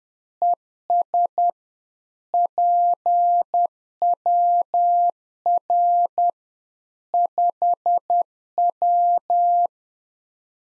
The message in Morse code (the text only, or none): ES PWR 5W